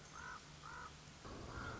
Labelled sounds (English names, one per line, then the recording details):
Common Raven
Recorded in Sonoma County, California